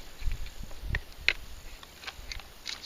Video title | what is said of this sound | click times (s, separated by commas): Overnight, a squirrel dinner and a live bird trap | grab the foregrip snap | 1.3 s